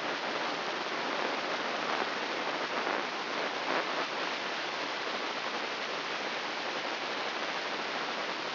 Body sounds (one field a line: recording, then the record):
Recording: brain microelectrode recording played as sound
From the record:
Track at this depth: inside the subthalamic nucleus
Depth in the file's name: 1.912 mm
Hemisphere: left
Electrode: 3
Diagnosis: Parkinson's disease